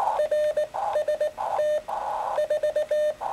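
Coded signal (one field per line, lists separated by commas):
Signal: Morse code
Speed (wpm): 19 wpm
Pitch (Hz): 600 Hz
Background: none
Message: RST 4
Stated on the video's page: Morse contact with New Zealand made using 2 watts.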